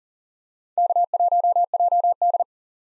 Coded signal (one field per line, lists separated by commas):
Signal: Morse code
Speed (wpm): 40 wpm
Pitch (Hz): 700 Hz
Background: none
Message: K1JD